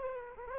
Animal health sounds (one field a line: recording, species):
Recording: mosquito wingbeat signal from an infrared sensor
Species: Aedes aegypti